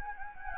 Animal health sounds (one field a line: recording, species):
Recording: mosquito wingbeat signal from an infrared sensor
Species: Anopheles gambiae